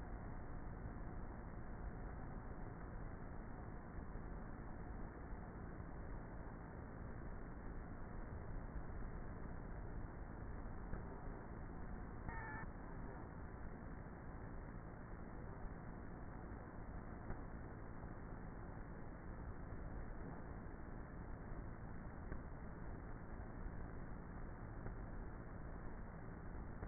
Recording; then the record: honeybee colony, microphone inside the hive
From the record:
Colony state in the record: queenless with a low population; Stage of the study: before two queens were removed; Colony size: about 30,000 bees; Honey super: no